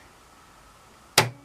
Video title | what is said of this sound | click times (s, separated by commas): Sewing Machine Cover | the back and you can hear it click into place so | 1.2 s